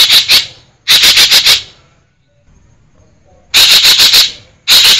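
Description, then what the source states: Green magpie producing harsh, rattling bursts of five or so fast pulses, separated by a longer silent pause midway through. Variations of green magpie vocalisations, called ekek geling in Indonesian.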